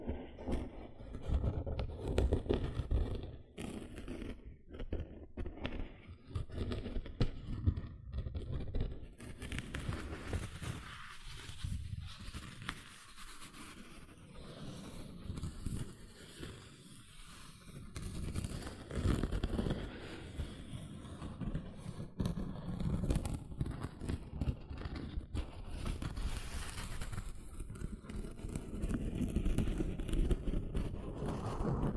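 Gentle scratching continues throughout, a dense, irregular rustle of quick strokes that sits mostly low and soft. Brighter, crisper scrapes come and go, with a quieter stretch around the middle and fuller, louder scratching from about 25 seconds to the end.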